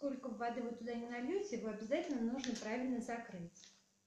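A plastic lid is being screwed or pressed onto a Munchkin children's sippy cup, whose click-clack system gives a characteristic click when the cup is closed correctly. Throughout the clip a woman talks, and the sound fades out at the end. The lid is still being handled, and nothing has seated or clicked yet.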